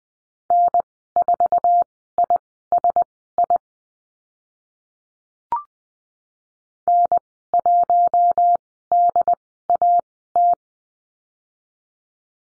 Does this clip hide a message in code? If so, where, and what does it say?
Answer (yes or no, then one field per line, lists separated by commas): yes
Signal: Morse code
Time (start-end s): 0.5-10.5 s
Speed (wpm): 20 wpm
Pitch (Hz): 700 Hz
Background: none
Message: N4ISI N1DAT